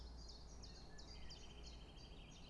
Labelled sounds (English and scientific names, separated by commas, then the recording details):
Common Chiffchaff (Phylloscopus collybita)
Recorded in Germany
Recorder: ecoPi